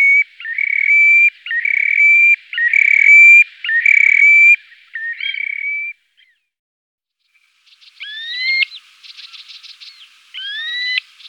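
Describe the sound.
Terek sandpiper calls: a run of even whistled notes repeated about once a second, then a pause and two sharply rising notes with chatter between.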